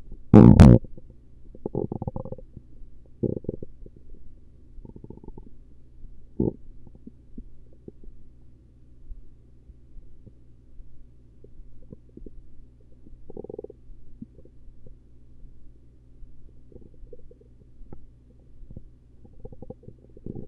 Stomach Rumbling Gurgles.